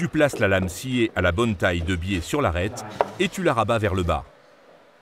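A wooden parquet plank, sawn to size, is set at an angle against the edge of the adjacent plank, ready to be folded down into its click joint. Someone talks for about 4.3 seconds, then the clip falls to a faint low background hush. Nothing has seated or clicked yet.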